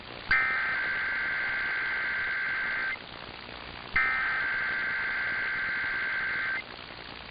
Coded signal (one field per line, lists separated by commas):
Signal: Emergency Alert System (SAME) tones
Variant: header bursts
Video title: [EAS #2512-#2516] Nevada RMTs + KLOS & KLLI Auto RWTs (6/28/23)